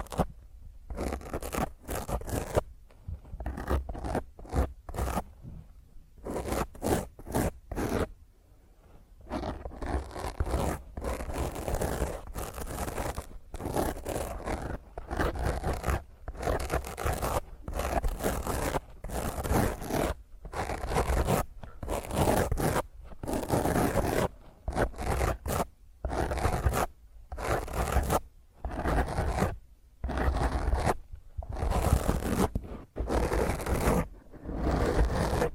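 Fingernails scratch roughly across a microphone in rapid bursts of harsh, rasping scraping, separated by short gaps of near silence. The strokes are dense and loud, with a low rumble underneath, and a quieter stretch appears around eight to nine seconds.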